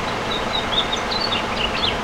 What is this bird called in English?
House Finch